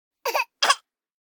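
Two short, breathy coughs from a 12-month-old baby girl, each about a fifth of a second, separated by a brief pause. The sound is light and high-pitched, typical of an infant's cough; a sound effect.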